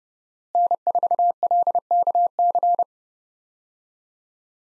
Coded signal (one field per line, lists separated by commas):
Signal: Morse code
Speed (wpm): 32 wpm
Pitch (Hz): 700 Hz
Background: none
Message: N4LKC